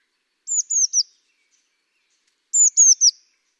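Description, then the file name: Eurasian blue tit giving two bursts of three high, thin, falling notes, about two seconds apart, against silence. "Cyanistes caeruleus"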